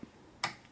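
A bobbin case on a Singer 190 sewing machine, lined up by its finger with the notch, is pushed firmly into the shuttle. It gives a single sharp click at 0.4 seconds, followed by a faint tick at 0.7 seconds. The bobbin case is seated in the shuttle.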